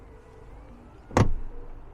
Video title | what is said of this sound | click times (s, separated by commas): 2020 Mercedes GLS 580 4Matic - Test Drive & Condition Report | It all works beautifully, as I said, and goes right into place, snaps right into place. | 1.2 s